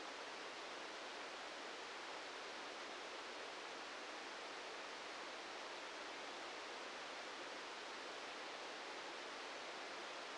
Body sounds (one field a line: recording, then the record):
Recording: brain microelectrode recording played as sound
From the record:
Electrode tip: outside the subthalamic nucleus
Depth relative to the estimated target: -3 mm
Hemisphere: right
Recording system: NeuroSet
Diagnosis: Parkinson's disease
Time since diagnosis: 7 years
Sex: male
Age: 44 years